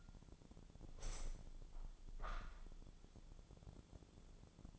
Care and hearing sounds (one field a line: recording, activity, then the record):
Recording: daily activity, microphone in the room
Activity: open window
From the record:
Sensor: 5